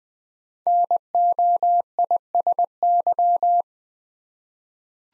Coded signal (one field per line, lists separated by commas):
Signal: Morse code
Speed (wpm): 20 wpm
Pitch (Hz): 700 Hz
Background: none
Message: NOISY